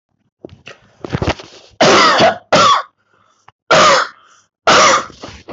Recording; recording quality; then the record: heavy voluntary cough; excellent, no background noise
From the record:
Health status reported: healthy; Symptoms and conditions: cough, cold, loss of smell and taste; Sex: male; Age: 28 years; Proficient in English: yes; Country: India